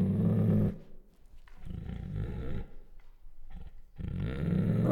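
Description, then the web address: Bengal tiger producing low, rasping growls in several bursts with short pauses. Female. "Sound Ideas Tigers Sound Effects. Female Bengal Tiger Growls, Snorts and Whines"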